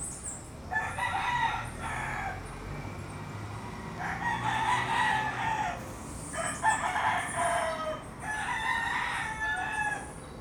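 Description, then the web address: Chicken: roosters crowing, several harsh crows one after another. Several roosters crowing at dawn in Puerto Rico. "puerto rico coqs aube PRico"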